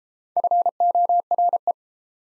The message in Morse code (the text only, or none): FORE